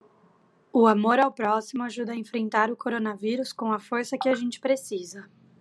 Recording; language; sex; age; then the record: spoken sentence; Brazilian Portuguese; female; 20 to 29 years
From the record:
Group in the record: control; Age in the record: 25 years